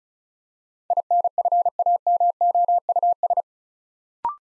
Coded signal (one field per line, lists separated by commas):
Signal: Morse code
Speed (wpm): 36 wpm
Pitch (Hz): 700 Hz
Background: none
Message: INFAMOUS